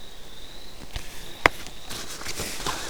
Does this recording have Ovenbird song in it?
no